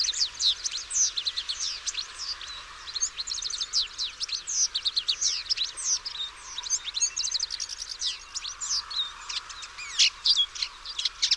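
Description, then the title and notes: Bird song, a fast continuous jumble of high thin sweeping notes and trills, dense and unbroken throughout, with soft background hiss. Chirping bird song meant for training pet birds. "Suara Burung. Suara Kicauan Burung untuk memaster burung kesayangan"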